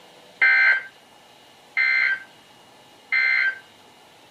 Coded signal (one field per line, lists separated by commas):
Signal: Emergency Alert System (SAME) tones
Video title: EAS #1402-#1410 | KHB36, WXM42, & WNG736